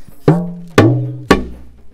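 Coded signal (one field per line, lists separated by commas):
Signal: talking drum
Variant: Yoruba dùndún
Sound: three resonant low drum strokes, each pitch sliding downward as it rings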